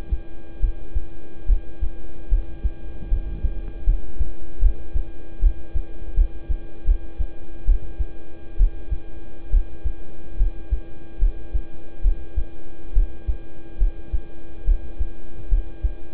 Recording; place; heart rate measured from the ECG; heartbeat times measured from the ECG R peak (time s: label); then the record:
heart sounds by stethoscope; between the tricuspid and mitral areas; 73 bpm
0.59 s: heartbeat
1.46 s: heartbeat
2.29 s: heartbeat
3.08 s: heartbeat
3.84 s: heartbeat
4.59 s: heartbeat
5.39 s: heartbeat
6.14 s: heartbeat
6.85 s: heartbeat
7.65 s: heartbeat
8.57 s: heartbeat
9.50 s: heartbeat
10.37 s: heartbeat
11.19 s: heartbeat
12.01 s: heartbeat
12.93 s: heartbeat
13.78 s: heartbeat
14.64 s: heartbeat
15.48 s: heartbeat
From the record:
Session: rest, lying down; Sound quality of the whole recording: good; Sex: male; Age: 26 years